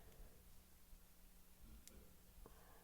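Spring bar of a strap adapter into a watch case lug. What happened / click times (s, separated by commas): The spring bar snapped into the lug hole / 1.9 s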